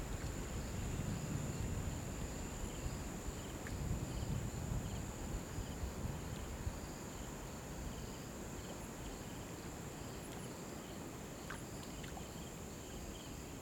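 African bush ambience with a steady, dense bed of low rumble and wind-like hiss, swelling slightly in the first seconds before settling. A constant thin, high insect whine runs throughout, with a few faint, sparse clicks and chirps scattered.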